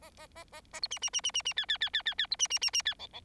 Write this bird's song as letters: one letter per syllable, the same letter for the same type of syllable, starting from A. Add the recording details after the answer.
A A A A A B C C C C C C D D D D D D B C C C C D E E. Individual Bird4